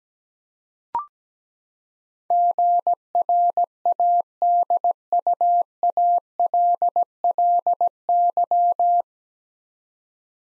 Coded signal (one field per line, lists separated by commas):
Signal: Morse code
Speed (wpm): 17 wpm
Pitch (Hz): 700 Hz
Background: none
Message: GRADUALLY